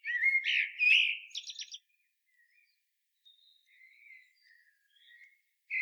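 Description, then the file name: Common blackbird with one loud fluty warble ending in a squeaky flourish, followed by faint whistles and the start of another phrase. "Turdus merula"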